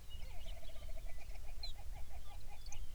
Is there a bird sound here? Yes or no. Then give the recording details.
yes. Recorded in the Arctic National Wildlife Refuge, Alaska, on 23 May 2019 at 05:03. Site 49